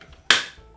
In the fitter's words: we go just pops into place like that is really cool and I